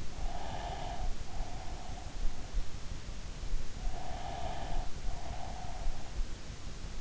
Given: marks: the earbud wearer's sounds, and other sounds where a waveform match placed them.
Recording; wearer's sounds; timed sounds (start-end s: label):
sounds in sleep by an in-ear microphone; breath
0.00-1.93 s: breath
3.80-5.80 s: breath